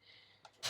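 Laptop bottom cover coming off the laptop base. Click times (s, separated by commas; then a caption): 0.4 s. The plastic bottom cover of a 2010 white unibody MacBook is pried and pressed open for a RAM upgrade, and a clip releases with a short, sharp click at 0.5 s. A steady faint hiss comes before the click, and a louder burst of broadband noise follows near the end. The bottom cover comes off the laptop base.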